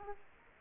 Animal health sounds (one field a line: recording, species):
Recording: mosquito wingbeat signal from an infrared sensor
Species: Aedes aegypti